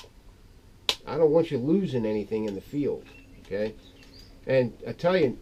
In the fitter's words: they lock in there they click in there so they don't just slide in and and it's held by tension